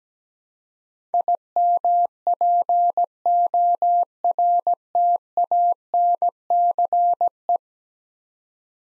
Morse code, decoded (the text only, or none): IMPORTANCE